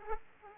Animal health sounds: mosquito wingbeat signal from an infrared sensor; Culex pipiens

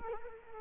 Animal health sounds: mosquito wingbeat signal from an infrared sensor; Culex quinquefasciatus

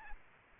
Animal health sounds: mosquito wingbeat signal from an infrared sensor; Aedes aegypti

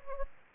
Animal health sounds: mosquito wingbeat signal from an infrared sensor; Anopheles gambiae

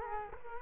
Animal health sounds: mosquito wingbeat signal from an infrared sensor; Culex quinquefasciatus

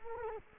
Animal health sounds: mosquito wingbeat signal from an infrared sensor; Culex quinquefasciatus

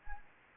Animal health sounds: mosquito wingbeat signal from an infrared sensor; Anopheles arabiensis

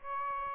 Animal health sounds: mosquito wingbeat signal from an infrared sensor; Aedes aegypti

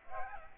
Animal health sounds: mosquito wingbeat signal from an infrared sensor; Aedes aegypti

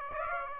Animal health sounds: mosquito wingbeat signal from an infrared sensor; Aedes aegypti

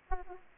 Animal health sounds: mosquito wingbeat signal from an infrared sensor; Aedes aegypti

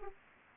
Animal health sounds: mosquito wingbeat signal from an infrared sensor; Anopheles arabiensis

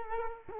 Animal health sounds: mosquito wingbeat signal from an infrared sensor; Culex quinquefasciatus

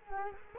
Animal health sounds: mosquito wingbeat signal from an infrared sensor; Culex quinquefasciatus

